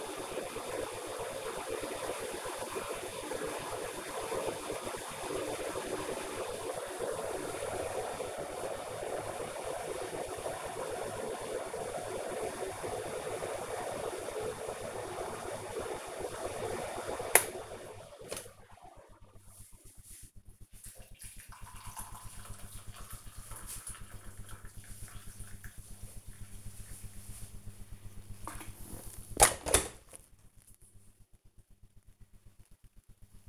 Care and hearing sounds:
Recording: household activities, microphone on the right wrist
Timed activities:
0.00-33.49 s: making tea

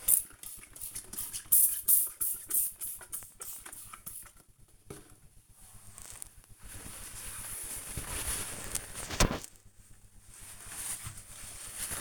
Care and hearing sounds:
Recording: household activities, microphone on the right wrist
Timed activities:
0.00-12.01 s: window cleaning

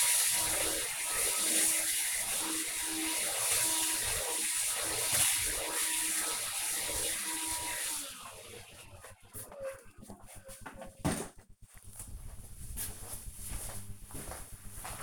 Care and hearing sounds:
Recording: household activities, microphone on the right wrist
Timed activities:
0.00-8.76 s: vacuum cleaning

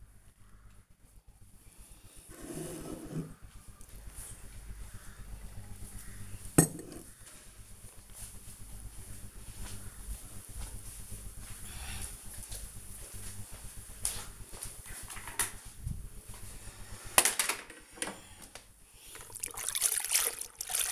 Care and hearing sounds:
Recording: household activities, microphone on the right wrist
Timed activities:
15.93-20.91 s: floor cleaning

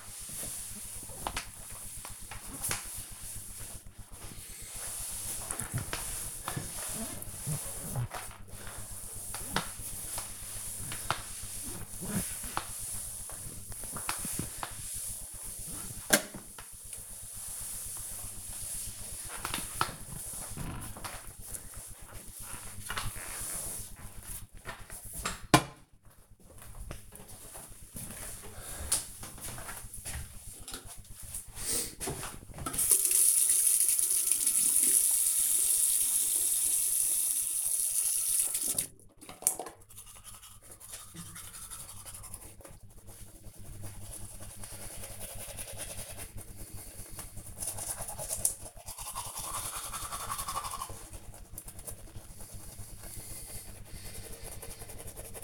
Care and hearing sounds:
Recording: household activities, microphone on the right wrist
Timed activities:
0.00-24.49 s: floor cleaning
31.56-55.43 s: brushing teeth

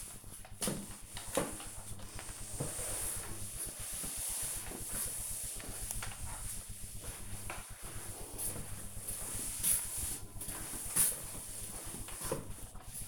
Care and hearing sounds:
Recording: household activities, microphone on the right wrist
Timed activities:
0.00-13.08 s: floor cleaning

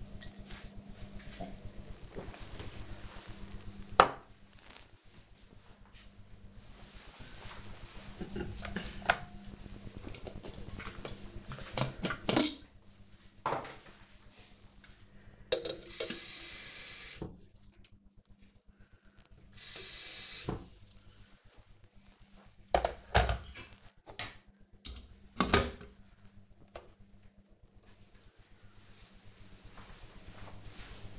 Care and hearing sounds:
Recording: household activities, microphone on the right wrist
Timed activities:
0.00-1.66 s: drinking
9.72-31.19 s: making tea

